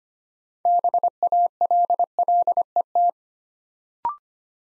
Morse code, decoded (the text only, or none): BALLET